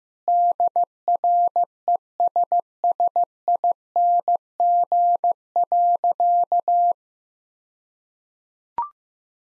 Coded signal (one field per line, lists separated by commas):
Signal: Morse code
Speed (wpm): 15 wpm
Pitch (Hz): 700 Hz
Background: none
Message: DRESSING.